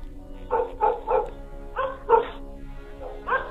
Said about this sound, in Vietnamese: Bỗng dừng, tiếng chó ở ngoài cổng cắn lên inh ỏi như là cất lên những tiếng dài răng rằng.